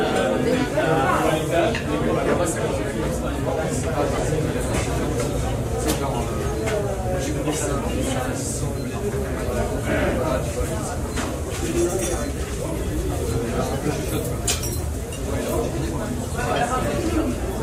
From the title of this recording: White noise - Cafe in Paris